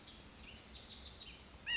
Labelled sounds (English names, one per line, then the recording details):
White-breasted Nuthatch
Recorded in Sonoma County, California